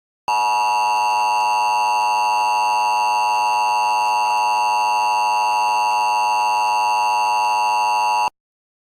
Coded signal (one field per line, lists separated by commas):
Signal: Emergency Alert System (SAME) tones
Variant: 853 and 960 Hz attention tone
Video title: EAS Recreation (11/13/24): LOX Demo Warning